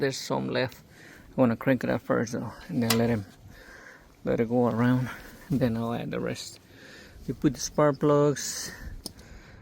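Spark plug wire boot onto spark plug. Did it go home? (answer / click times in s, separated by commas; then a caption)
yes / 9.1 s. On a Walker T23 mower engine fitted with new spark plugs, someone pushes the ignition wire's rubber boot onto the spark plug terminal. Someone talks through most of the clip, then a single sharp tick comes at 9.1 s as the boot clicks onto the plug and is seated.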